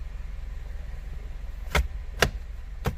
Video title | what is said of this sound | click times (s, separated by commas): Add Bluetooth to 2007-2011 Honda CRV | then put the top part the air vent back in push it in until you hear the click | 1.7 s, 2.2 s